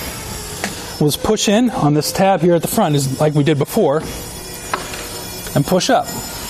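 A Kuat NV 2.0 two-bike hitch rack on a 2014 Toyota RAV4 is being folded: after the front release tab is pressed, the rack's arm is pushed up toward its folded, locking position on the hitch mount. Someone talks over a steady background hiss, with brief sharp sounds at 0.6 s and 4.7 s. Nothing has seated or clicked yet.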